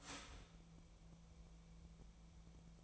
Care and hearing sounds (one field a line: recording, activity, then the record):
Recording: daily activity, microphone in the room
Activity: start toaster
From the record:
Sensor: 1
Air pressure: 1000.3 hPa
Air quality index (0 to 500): 157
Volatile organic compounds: 3 ppm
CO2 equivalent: 1468 ppm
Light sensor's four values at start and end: 27/69/29/34 and 27/68/29/34